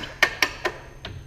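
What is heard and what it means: A ratcheting clamp on a track saw guide rail is gripped low and squeezed, and its metal ratchet gives a series of sharp clicks at 0.2, 0.4, 0.7 and 1.1 seconds. The clamp locks into place on the rail.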